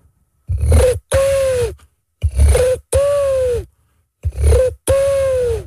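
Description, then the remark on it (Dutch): A man on a Radio 538 radio show imitates a pigeon cooing: three evenly spaced calls, each a short throaty note followed by a longer, sliding, falling hoot, fairly loud and alone with no talking. “Ik heb denk ik een betere duif.”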